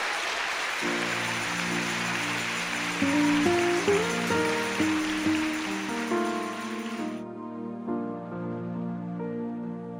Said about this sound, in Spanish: Démosle un aplauso al Señor que está haciendo maravilla.